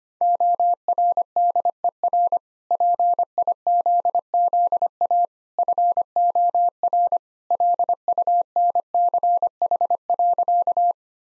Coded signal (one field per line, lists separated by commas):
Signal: Morse code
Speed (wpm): 25 wpm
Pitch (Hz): 700 Hz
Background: none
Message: ORDER PIZZA FOR LUNCH.